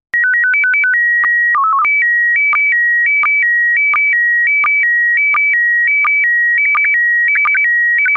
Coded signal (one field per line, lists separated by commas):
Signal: SSTV (slow-scan television)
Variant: PD 90